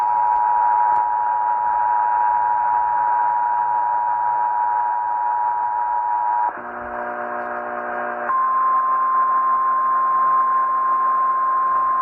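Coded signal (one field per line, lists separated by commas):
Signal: Emergency Alert System (SAME) tones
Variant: 853 and 960 Hz attention tone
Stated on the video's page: Tennessee Blue Alert sent with child abduction emergency coding, received on AM broadcast station at 1510 kHz.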